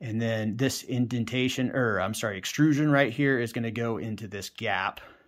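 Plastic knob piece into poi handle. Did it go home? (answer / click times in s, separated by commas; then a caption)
no / none. A plastic knob piece for an Ultrapoi Orb Pro poi handle is lined up by hand, with its angled lip toward the button and its extrusion set into the gap. Someone talks throughout, and no handling sounds stand out over the voice. Nothing has seated or clicked yet.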